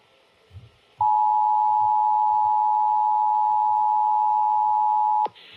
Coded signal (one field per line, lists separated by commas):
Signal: Emergency Alert System (SAME) tones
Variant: 853 and 960 Hz attention tone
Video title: [EAS #3232-#3241] 2025 Tsunami Communications Drill (3/26/25)